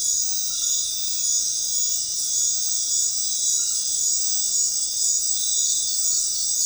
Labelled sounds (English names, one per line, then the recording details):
none
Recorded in dense forest near Puerto Asís, Putumayo, Colombia, on 21 February 2024 at 20:00
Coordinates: 0.500, -76.322
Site G6465